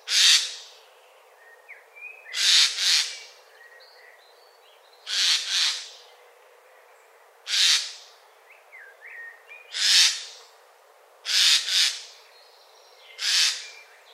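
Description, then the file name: Eurasian jay screeching repeatedly, rasping noisy bursts often paired, several throughout, with soft twittering birds between them. "Garrulus glandarius"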